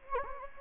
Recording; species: mosquito wingbeat signal from an infrared sensor; Anopheles gambiae